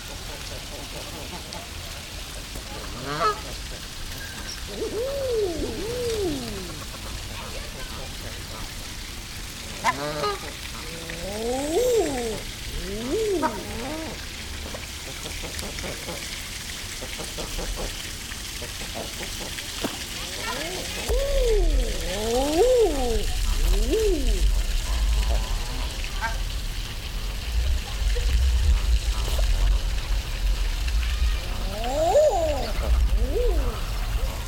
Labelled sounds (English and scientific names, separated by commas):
Common Eider (Somateria mollissima) courtship call